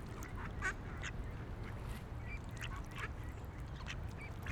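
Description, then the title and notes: Ducks calling with a few spaced short nasal notes over a steady low hum. Ducks on a lake in a park in Vienna, being given food. "Patos Viena. Este es el momento en el cual en un parque de Viena damos comida a unos patos que encontramos en un lago"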